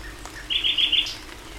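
Common nightingale song: four loud, evenly spaced rich notes in quick succession, ending with a brief higher note.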